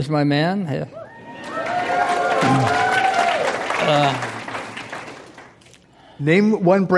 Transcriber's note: applause